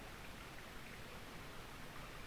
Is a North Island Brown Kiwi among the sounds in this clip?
no